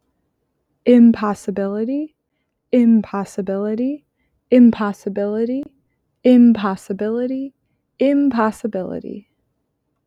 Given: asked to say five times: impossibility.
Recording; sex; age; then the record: repeated word; female; 20 to 29 years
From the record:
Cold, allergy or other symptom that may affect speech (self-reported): no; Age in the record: 29 years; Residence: Wisconsin, United States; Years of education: 21